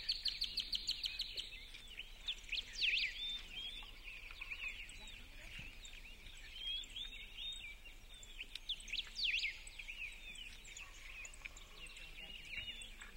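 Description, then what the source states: Birds chirping in a dense chorus, many overlapping high twittering and whistled notes, with a rapid stuttering burst at the start and louder sweeping whistles around three and nine seconds. Birds chirping in a forest.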